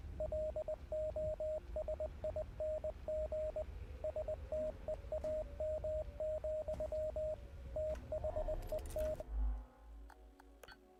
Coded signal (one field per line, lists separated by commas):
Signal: Morse code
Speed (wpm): 20 wpm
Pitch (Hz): 620 Hz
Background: radio noise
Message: LOSING STEAM, THE T